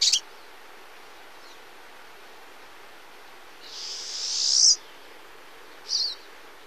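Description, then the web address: Pine siskin buzzy note: one long, harsh, rising buzz that swells to a sudden stop, with brief high chips before and after and quiet background hiss. "Songs of Birds of North America Stokes. Pine Siskin"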